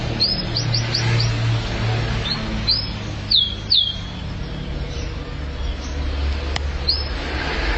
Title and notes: BM Suara Burung Kenari